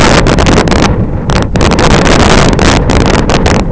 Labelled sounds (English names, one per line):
none